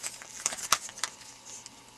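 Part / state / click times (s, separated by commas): toy figure head on its rotating rod in the shell body / not seated / none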